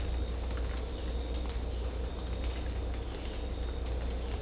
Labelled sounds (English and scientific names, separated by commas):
none